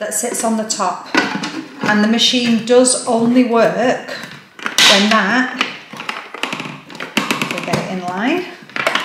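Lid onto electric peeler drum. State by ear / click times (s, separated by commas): not seated / none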